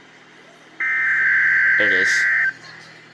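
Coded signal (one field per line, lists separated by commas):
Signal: Emergency Alert System (SAME) tones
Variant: header bursts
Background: speech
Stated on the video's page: Amber Alert for child abduction, relayed by the National Weather Service.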